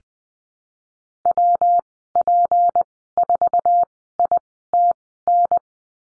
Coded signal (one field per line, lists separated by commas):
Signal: Morse code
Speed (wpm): 20 wpm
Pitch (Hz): 700 Hz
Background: none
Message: WP4ITN